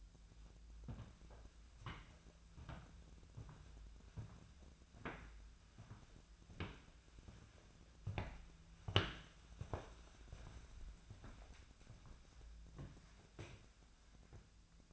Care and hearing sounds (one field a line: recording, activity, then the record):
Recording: daily activity, microphone in the room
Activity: walk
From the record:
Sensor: 2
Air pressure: 1008.2 hPa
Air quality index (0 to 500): 179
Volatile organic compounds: 10 ppm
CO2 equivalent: 2207 ppm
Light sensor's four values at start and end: 14/35/15/16 and 15/36/15/16